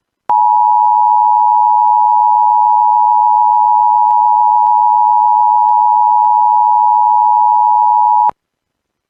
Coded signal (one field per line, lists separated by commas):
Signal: Emergency Alert System (SAME) tones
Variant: 853 and 960 Hz attention tone